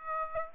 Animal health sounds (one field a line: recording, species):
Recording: mosquito wingbeat signal from an infrared sensor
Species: Aedes aegypti